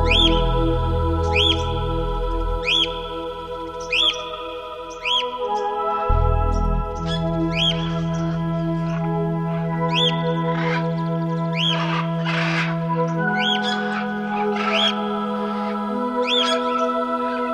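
Amazon rainforest sounds with a bird giving short, bright upswept chirps about once a second throughout. Behind it sit steady, layered insect-like hums and tones at several pitches, with a low drone that shifts around six seconds and again near thirteen.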